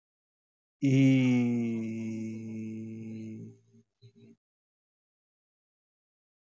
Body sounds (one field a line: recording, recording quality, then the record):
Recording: sustained vowel as in beet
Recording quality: excellent, no background noise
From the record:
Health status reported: healthy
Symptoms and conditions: none ticked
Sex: male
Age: 24 years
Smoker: not ticked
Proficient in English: yes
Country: India